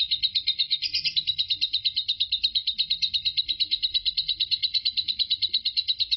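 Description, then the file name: Lovebird rattling song, a steady stream of fast, shrill, pulsed notes without pause, strongly rhythmic; faint low hum underneath. Lovebird named Marco singing ngekek; the ngekek lasted 5 minutes 25 seconds. "suara burung lovebird Marco durasi ngekek 5 menit 25 detik"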